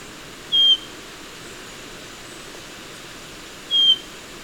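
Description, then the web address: Bronze-green euphonia uttering two thin, clear whistled notes roughly three seconds apart against quiet hiss. Recorded in Ecuador. "Natures Songs S America Birds of Ecuador. Bronze-Green Euphonia"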